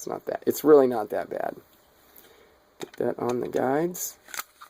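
During reassembly, a pistol slide with its recoil spring and guide rod is being handled onto the frame's guide rails while someone talks, with a few faint handling ticks near 2.2, 4.4 and 4.6 seconds. Nothing has seated or clicked yet.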